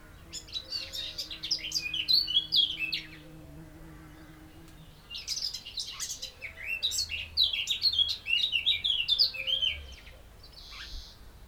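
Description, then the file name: Eurasian blackcap giving two bursts of rapid, scratchy high warbling separated by a pause, with a faint steady low hum early on. "Sylvia atricapilla"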